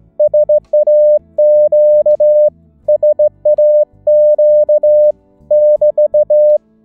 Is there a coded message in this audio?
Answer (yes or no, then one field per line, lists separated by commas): yes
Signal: Morse code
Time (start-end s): 0.2-6.6 s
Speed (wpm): 17 wpm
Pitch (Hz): 600 Hz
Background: music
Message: SAQ SAQ <BT>